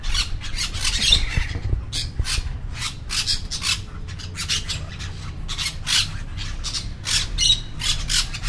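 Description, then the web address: Bird chorus of many rasping squawks in quick succession, above a constant low background hum. "environmental bird chorus"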